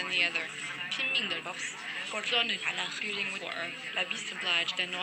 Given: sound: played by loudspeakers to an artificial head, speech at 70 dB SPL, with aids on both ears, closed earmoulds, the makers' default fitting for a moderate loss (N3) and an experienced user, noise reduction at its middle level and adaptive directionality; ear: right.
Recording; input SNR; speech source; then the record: speech test signal (ISTS) in cocktail-party noise; -6 dB; in front (0 degrees)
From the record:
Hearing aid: class 1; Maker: I